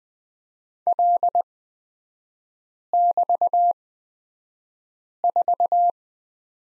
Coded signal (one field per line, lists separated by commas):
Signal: Morse code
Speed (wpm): 20 wpm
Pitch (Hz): 700 Hz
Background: none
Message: L<BT>4